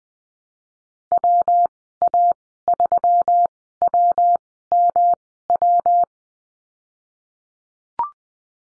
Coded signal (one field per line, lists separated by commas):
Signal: Morse code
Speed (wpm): 20 wpm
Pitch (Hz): 700 Hz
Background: none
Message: WA3WMW